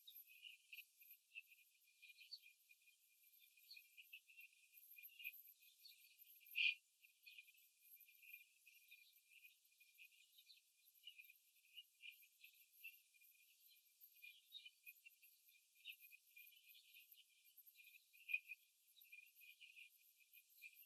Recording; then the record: young laying hens in a cage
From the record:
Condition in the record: after the stressor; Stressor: simulated dog barking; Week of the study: 3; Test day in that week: 2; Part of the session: 2